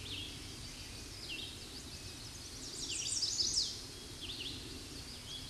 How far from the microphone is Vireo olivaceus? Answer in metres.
about 40 m